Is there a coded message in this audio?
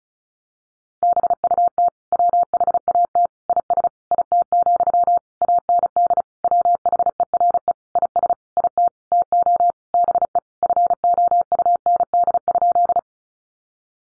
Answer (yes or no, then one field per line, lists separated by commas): yes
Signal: Morse code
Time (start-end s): 1.0-13.0 s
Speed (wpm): 34 wpm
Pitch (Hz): 700 Hz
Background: none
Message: BUT WHAT IS IT, AND WHERE IS IT TO BE FOUND?